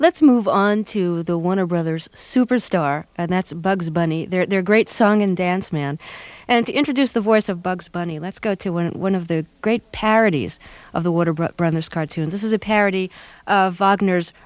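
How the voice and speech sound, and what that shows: One adult radio host speaks fluently in a clear, steady, moderately pitched voice, with natural intonation and brief pauses between phrases, introducing a cartoon segment in a broadcast style. No hoarseness, slurring, or stuttering is heard, consistent with ordinary speech.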